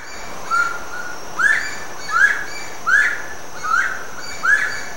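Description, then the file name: Slaty-breasted wood rail giving repeated upslurred whistled notes, about one every three-quarters of a second, with a constant high buzzing tone behind. Recorded in Itatiaia National Park, Rio de Janeiro, Brazil. "Aramides saracura PNItatiaia RJ. ASilveira"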